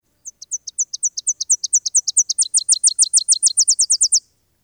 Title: Tennessee Warbler